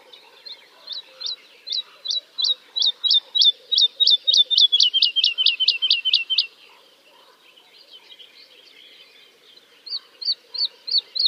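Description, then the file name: Woodlark singing a long run of clear repeated whistles that speed up and drop slightly in pitch, then a pause before another series begins. "kicau master woodlark omkicau"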